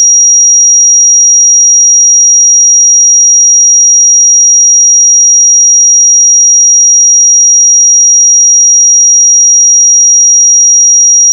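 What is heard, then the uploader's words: A pure sine tone at 5715 Hz holds perfectly steady for the whole eleven seconds, thin and piercingly high. Its loudness never wavers, and nothing else sounds behind it until a brief click as it cuts off at the very end. 5715 Hz 1 Hz Interval Sine Pure Tone Frequency 441000 Sample Mono.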